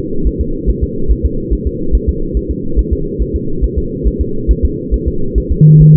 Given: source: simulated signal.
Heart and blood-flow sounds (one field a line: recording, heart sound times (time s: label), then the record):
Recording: fetal heart sounds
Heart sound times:
0.27 s: S1
0.41 s: S2
0.70 s: S1
0.84 s: S2
1.12 s: S1
1.25 s: S2
1.53 s: S1
1.67 s: S2
1.95 s: S1
2.09 s: S2
2.37 s: S1
2.51 s: S2
2.79 s: S1
2.93 s: S2
3.22 s: S1
3.36 s: S2
3.64 s: S1
3.78 s: S2
4.07 s: S1
4.21 s: S2
4.51 s: S1
4.65 s: S2
4.94 s: S1
5.08 s: S2
5.38 s: S1
5.52 s: S2
5.82 s: S1
5.96 s: S2
From the record:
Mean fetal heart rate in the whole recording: 140 bpm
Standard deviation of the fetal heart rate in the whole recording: 2 bpm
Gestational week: 34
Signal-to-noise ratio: -8.1 dB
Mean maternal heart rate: 72 bpm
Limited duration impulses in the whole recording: present